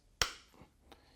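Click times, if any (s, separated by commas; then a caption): 0.2 s. A brake bleed syringe fitted with a Bleeding Edge adapter is pushed into the bleed port of a SRAM disc brake caliper, and it clicks into place with a sharp, bright click at 0.2 s that rings briefly before fading. A much fainter tick follows at 0.9 s, and the adapter is seated in the caliper port.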